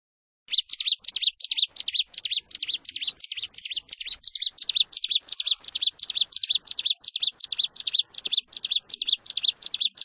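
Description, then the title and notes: Bar-winged prinia: after a short silence, a brisk, regular stream of high chipping notes, each paired note dropping in pitch. Collection of vigorously singing ('gacor') ciblek, including young birds. "Kicau Ciblek. putri sherin. kumpulan suara burung ciblek gacor dan anakan"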